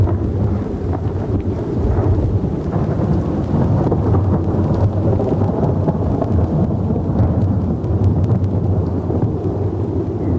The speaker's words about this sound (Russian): Страшные ночи с громом, молнией, дождем и ветром, которые в народе называют воробьинами.